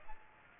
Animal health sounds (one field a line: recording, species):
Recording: mosquito wingbeat signal from an infrared sensor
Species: Aedes aegypti